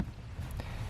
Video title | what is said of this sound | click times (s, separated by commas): Custom interior lighting on my 2020 RAM!! | and then you should hear an audible click once the tab is clicked in | 0.6 s